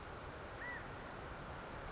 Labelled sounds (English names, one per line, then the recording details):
California Quail
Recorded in Sonoma County, California